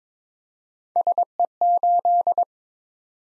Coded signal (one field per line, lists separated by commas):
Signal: Morse code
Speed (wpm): 22 wpm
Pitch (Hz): 700 Hz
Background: none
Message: SE8